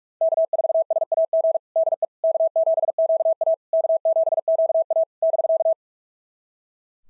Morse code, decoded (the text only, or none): K4SAG DE K7QA K7QA <BK>